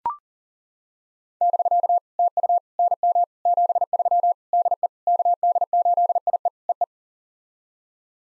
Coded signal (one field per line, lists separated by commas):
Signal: Morse code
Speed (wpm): 42 wpm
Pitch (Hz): 700 Hz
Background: none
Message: <BK> TU NM 73 DE KD8IE EE